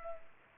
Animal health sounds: mosquito wingbeat signal from an infrared sensor; Culex pipiens

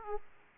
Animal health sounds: mosquito wingbeat signal from an infrared sensor; Aedes aegypti

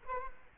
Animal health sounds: mosquito wingbeat signal from an infrared sensor; Culex quinquefasciatus

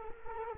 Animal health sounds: mosquito wingbeat signal from an infrared sensor; Culex quinquefasciatus

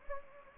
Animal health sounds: mosquito wingbeat signal from an infrared sensor; Anopheles gambiae

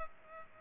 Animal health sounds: mosquito wingbeat signal from an infrared sensor; Culex pipiens

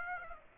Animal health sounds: mosquito wingbeat signal from an infrared sensor; Aedes aegypti

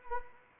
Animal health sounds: mosquito wingbeat signal from an infrared sensor; Anopheles arabiensis

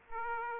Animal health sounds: mosquito wingbeat signal from an infrared sensor; Aedes aegypti

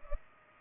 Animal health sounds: mosquito wingbeat signal from an infrared sensor; Culex pipiens

